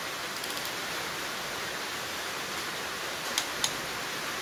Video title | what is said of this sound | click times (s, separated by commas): Bringing This Dead 283 CHEV Back to Life! | you can hear that clicking | 3.4 s, 3.6 s